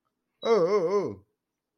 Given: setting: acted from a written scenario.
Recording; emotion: vocal sound without words; negative surprise